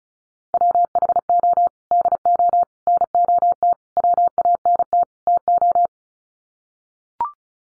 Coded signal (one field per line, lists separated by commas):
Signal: Morse code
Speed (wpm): 35 wpm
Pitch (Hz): 700 Hz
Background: none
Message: WHO DO NOT WANT TO